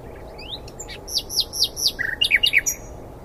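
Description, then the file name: Common nightingale song phrase: a rising whistle followed by a rapid series of descending slurred notes and bright chirps, high-pitched and clear over low background hiss. "Luscinia megarhynchos"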